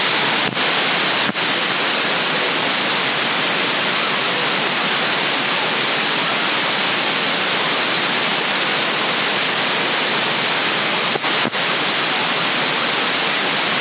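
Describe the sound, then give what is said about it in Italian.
Steady, loud hiss of CB radio static during a radio contact in Sassari in March 2021 fills the whole stretch, band-limited and unbroken, with a few brief clicks of interference near the start and again toward the end. No voices come through. “Qualche volta qualche interferenza, magari si copio bene, da muros.”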